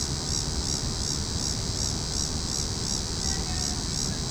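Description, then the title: Cicadas droning in a shrill, pulsing buzz that swells about three times a second, with a couple of faint chirps near the end. Cicadas calling in a tree. "neoscenes: cicadas in tree"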